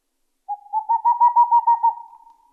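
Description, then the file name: Boreal owl call: a rapid series of about nine soft, low hoots, rising slightly then trailing off, lasting around two seconds; otherwise quiet. "Chouette de Tengmalm"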